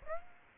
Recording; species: mosquito wingbeat signal from an infrared sensor; Aedes aegypti